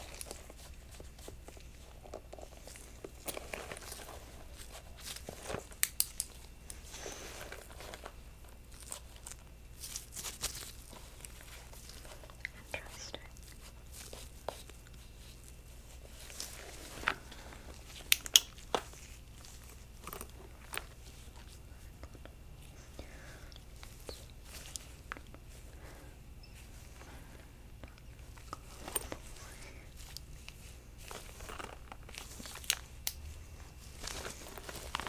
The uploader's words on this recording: Inspecting & Examining Objects. Glove Sounds.